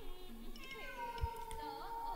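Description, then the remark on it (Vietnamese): A black cat yowls in a long, wavering, child-like wail, its pitch sliding up and down through drawn-out cries with no one speaking. “Ánh mắt của nó xanh lè lè nhìn chăm chăm vào Lý Lạc, kêu lên những tiếng như trẻ con khóc đêm.”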